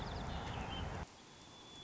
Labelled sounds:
White-crowned Sparrow (Zonotrichia leucophrys)
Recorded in Sonoma County, California

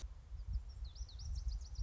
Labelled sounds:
Lazuli Bunting (Passerina amoena)
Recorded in Sonoma County, California

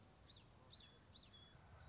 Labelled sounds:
Common Yellowthroat (Geothlypis trichas)
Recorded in Sonoma County, California

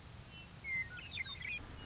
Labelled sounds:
Western Meadowlark (Sturnella neglecta)
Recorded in Sonoma County, California

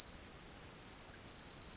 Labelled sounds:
Pacific Wren (Troglodytes pacificus)
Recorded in Sonoma County, California

